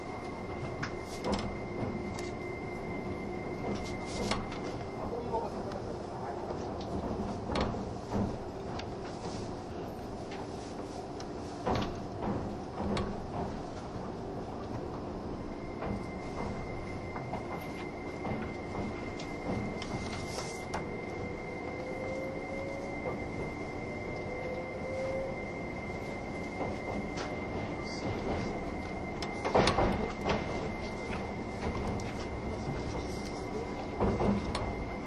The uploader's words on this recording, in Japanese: 東武N100系 スペーシア07号 01/01:浅草～鬼怒川温泉。その車両の最長運用となる特急＂スペーシアＸ07号＂の列車走行音。